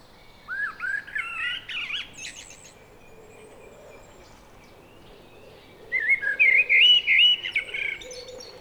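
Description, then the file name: Eurasian blackbird song: a low, mellow fluted phrase with a high chattering tail, then after a three-second pause a louder, richer warbled phrase. "Turdus merula"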